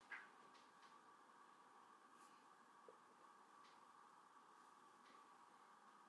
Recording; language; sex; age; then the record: short text; Brazilian Portuguese; female; 40 to 49 years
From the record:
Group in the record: control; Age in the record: 44 years